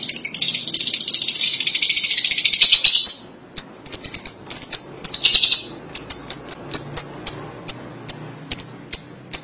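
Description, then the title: Lovebird chatter: a long harsh, buzzy chattering stretch, then a series of sharp high chirps. "Suara Burung Lovebird"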